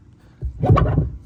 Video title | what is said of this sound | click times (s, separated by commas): Stealth Hitch install with tow option and wiring on Tesla Model 3 | and just give it a good push until it clicks | 0.8 s